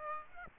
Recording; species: mosquito wingbeat signal from an infrared sensor; Aedes aegypti